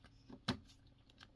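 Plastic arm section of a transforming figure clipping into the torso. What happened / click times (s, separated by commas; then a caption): A plastic part snapped into place / 0.5 s. During conversion of a Transformers Studio Series 86 Scavenger figure (part of Devastator), a plastic arm section is clipped into place on the torso. A sharp, loud plastic snap at 0.5 s marks it seating, with only faint small ticks before and after. The arm is seated.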